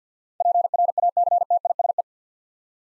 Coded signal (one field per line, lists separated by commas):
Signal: Morse code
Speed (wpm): 50 wpm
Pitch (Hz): 700 Hz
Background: none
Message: PRACTISE